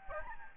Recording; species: mosquito wingbeat signal from an infrared sensor; Aedes albopictus